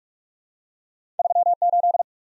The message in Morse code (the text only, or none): 38